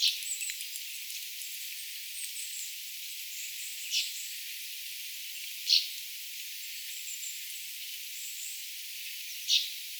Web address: paivat 22 8 2025 tuollaisia nuoren peipon aania